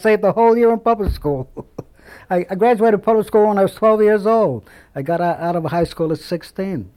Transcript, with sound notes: I saved a whole year in public school. (He laughs.) I graduated public school when I was twelve years old. I got out of high school at sixteen.